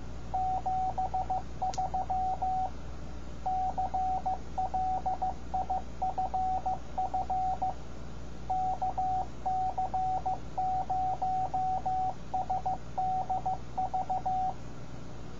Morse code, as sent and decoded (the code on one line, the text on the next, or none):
--... ...-- / -.-. .-.. .. ..-. ..-. / -.- -.-. ----- ... -.. ...-
73 CLIFF KC0SDV